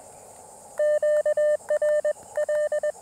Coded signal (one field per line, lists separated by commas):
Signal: Morse code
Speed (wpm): 20 wpm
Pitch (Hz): 600 Hz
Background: none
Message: QRL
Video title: QRP POTA at Carolina Beach State Park: Testing a new KX2 Paddle Mount and Seeking Shade!